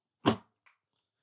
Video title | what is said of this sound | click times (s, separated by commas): Vax Platinum Smart Wash 2 years later | you should hear it click in. | 0.3 s